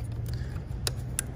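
Plastic ignition coil electrical connectors are snapped onto the coil pack of a 2014 SRT Grand Cherokee during maintenance. Two sharp clicks sound at 0.9 s and 1.2 s over a steady low hum. The connectors are seated and latched.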